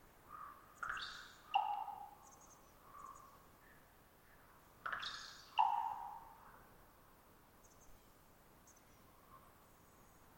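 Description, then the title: Common raven calling twice, each a rough twittering burst followed by a ringing tonal pop, with weaker notes between and the start of another call at the end, over low steady noise. Raven perched about 50 ft above the recordist, some distance away; long trilling twitter before each pop, sometimes a gulp or beak snap after. "More Raven Twittering-Pop"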